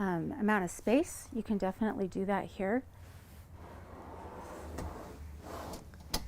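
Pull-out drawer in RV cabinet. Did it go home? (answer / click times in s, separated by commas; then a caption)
yes / 6.1 s. A woman talks while an adjustable pull-out drawer is moved in the cabinet of a 2023 Newmar Dutch Star 3736 RV, with quiet sliding and handling noise after the speech. The drawer locks into place with a sharp click at 6.1 seconds.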